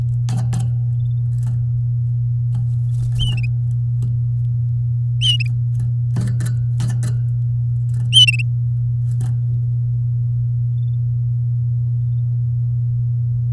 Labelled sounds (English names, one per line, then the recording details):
Domestic Canary song
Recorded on 8 May 2018 at 08:20
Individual llb16